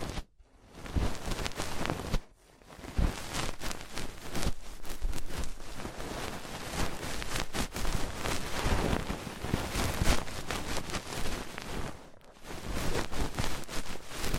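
Ear cleaning: dense, crackling scratches and rubbing come in quick, irregular strokes, a steady rustling texture from low thumps up to bright hiss. The sound drops out briefly near the start, again around two seconds, and once more just past twelve seconds.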